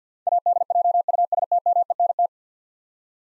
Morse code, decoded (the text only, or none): ADJUSTMENT